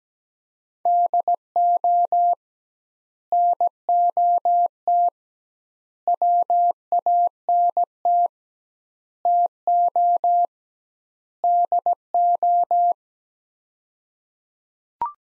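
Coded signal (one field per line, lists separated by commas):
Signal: Morse code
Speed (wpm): 17 wpm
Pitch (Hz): 700 Hz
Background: none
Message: DO NOT WANT TO DO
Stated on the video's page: Morse practice sets of five words at 17 wpm with 2x word-spacing, a Farnsworth-like approach; each set is sent, spoken, then sent again.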